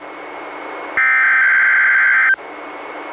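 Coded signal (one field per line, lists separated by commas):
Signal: Emergency Alert System (SAME) tones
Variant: header bursts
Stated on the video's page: Three NWS Required Weekly Tests relayed by a NOAA Weather Radio station, recorded from a Reecom R-1630 weather radio through a Zoom H1 recorder.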